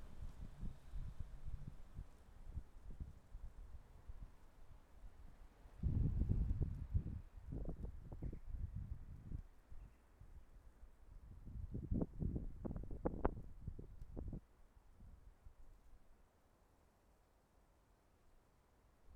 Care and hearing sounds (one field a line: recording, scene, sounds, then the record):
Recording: everyday scene through a hearing-aid microphone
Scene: wind on the microphone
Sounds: wind, traffic, birds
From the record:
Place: suburban garden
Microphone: behind the ear, left, front